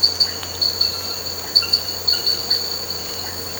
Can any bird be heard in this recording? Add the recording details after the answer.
no. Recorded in pastures near Puerto Asís, Putumayo, Colombia, on 8 March 2025 at 02:00. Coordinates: 0.466, -76.322. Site CSA-02